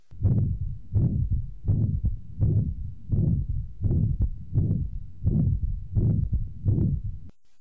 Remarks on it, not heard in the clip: That reaches maximum intensity at its onset. After the murmur ends, you'll hear another sound. You may think this is a second heart sound, but in fact, it's the inflow rumble of torrential mitral regurgitation. And the inflow rumble is one of the most accurate bedside determinants of the severity of mitral valve regurgitation. It can be heard best with a patient in the left lateral decubitus position, and because it is low frequency, it's heard best with the bell of the stethoscope.